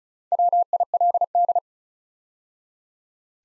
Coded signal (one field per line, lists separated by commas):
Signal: Morse code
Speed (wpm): 36 wpm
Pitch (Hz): 700 Hz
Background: none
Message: WILD